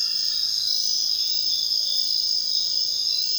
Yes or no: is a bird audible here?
no